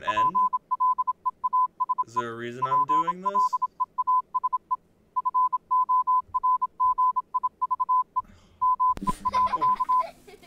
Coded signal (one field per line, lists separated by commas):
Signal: Morse code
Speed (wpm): 27 wpm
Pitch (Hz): 1010 Hz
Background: speech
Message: PLEASE PLEASE FORGIVE ME.